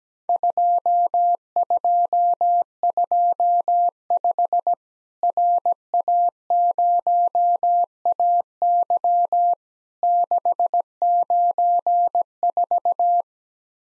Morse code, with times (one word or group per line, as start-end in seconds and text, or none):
0.3-4.7 2225
5.2-9.5 RA0AY
10.0-13.2 694